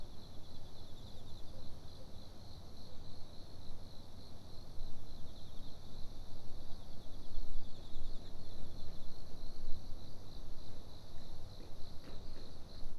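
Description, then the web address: Cricket trilling: a steady high-pitched pulsing trill throughout, with a fainter, higher steady tone and a heavy low rumble of background noise. Recorded in a university parking lot in Fukushima on 29 September 2011. "fukudai parking 110929 cricket 110929"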